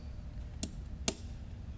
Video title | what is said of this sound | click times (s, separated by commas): Plug'nPilot™ Martian2-140 V1 Part 2: Frame Assembly from CycloneFPV | okay and then we're going to take our top plate and these are all going to snap right in place | 0.6 s, 1.1 s